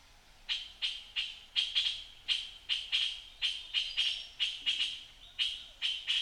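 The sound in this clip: Puff-throated bulbul giving loud, rasping chatter notes, many harsh bursts in steady quick succession, some doubled, over a quiet background.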